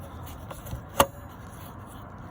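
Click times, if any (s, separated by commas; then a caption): 1.0 s. A new headlight bulb is lined up with the grooves in the headlight housing of a 2015 Chevy Volt and twisted until it locks into place. A faint tap at 0.5 s precedes a sharp, bright click at 1.0 s, with low background noise throughout. The bulb is seated in the housing.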